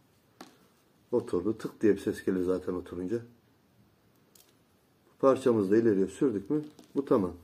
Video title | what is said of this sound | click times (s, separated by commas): SAZAN AVI 2023, SAZAN TAKIMI HAZIRLAMA, BÜYÜK BALIKLAR İÇİN YÜZEN RİG, SAZAN NASIL TUTULUR | the half-open mouth of the swivel, we hear a clicking sound in | 0.4 s